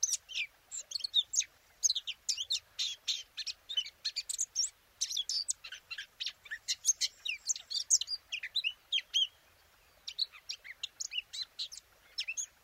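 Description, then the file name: Eurasian blackcap song: a long, energetic babble of varied high chirps and scratchy notes, breaking off for about a second near ten seconds, then starting again. "Sylvia atricapilla"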